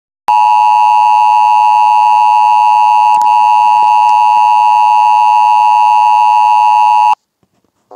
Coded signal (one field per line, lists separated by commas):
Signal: Emergency Alert System (SAME) tones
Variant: 853 and 960 Hz attention tone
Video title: United Nations eas alarm